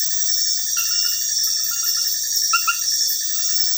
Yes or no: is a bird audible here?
no